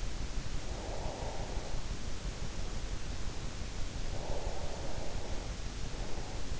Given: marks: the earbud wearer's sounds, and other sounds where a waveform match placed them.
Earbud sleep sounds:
sounds in sleep by an in-ear microphone; breath
0.47-1.86 s: breath
4.06-5.68 s: breath

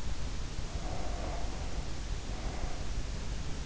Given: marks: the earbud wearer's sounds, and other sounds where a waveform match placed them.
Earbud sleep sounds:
sounds in sleep by an in-ear microphone; breath
0.31-3.24 s: breath

